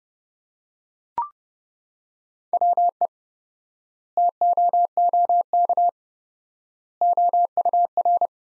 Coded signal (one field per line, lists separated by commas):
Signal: Morse code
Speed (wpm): 30 wpm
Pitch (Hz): 700 Hz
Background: none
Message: WE TOOK OUR